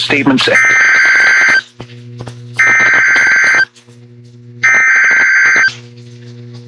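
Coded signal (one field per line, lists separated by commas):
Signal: Emergency Alert System (SAME) tones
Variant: header bursts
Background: speech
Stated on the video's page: Alerts from NOAA Weather Radio KIG79 Nashville and an FM station.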